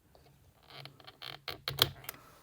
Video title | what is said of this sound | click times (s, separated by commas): 1990–1992 Camaro Horn Repair - Easy Steering Wheel Horn Fix! | Okay, that snaps right in. | 1.8 s